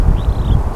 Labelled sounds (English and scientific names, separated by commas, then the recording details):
Superb Starling (Lamprotornis superbus) flight call
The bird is a male
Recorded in Kenya on 22 April 2009 at 15:01
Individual 38, of group DRT2